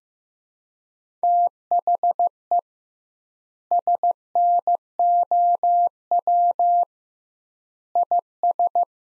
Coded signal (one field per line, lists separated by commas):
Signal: Morse code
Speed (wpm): 15 wpm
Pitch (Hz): 700 Hz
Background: none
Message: THE SNOW IS